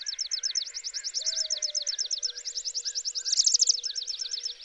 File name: Chipping Sparrow